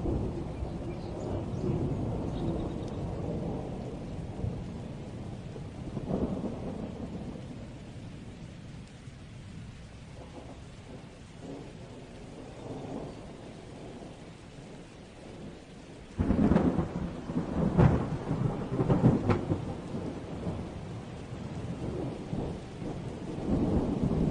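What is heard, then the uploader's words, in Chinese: Faint thunder rumbles low and steady through the first half, with a soft swell around six seconds. At about sixteen seconds a louder roll breaks in, with sharper cracks near eighteen and nineteen seconds, over a constant hiss of rain. 自然·白噪音 - 雷声。隐隐约约的雷声。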